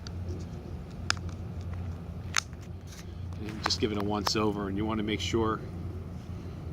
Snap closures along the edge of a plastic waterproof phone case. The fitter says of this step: you'll have snapping sounds as we put this on